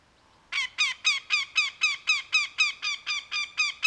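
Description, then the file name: Northern goshawk giving a rapid series of harsh, nasal kek notes, about four per second and evenly spaced, starting after a brief quiet moment. 12 May 2010. "andrew spencer nogo 2010-5-12"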